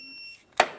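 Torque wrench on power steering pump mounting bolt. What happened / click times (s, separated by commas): Torque wrench clicks at setting / 0.6 s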